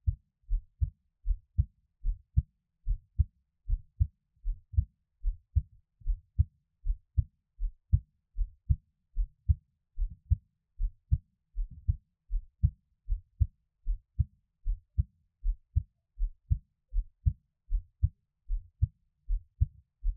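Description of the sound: Steady, regular paired heart thumps at about 77 beats a minute from an adult heart, heard close up with no talking.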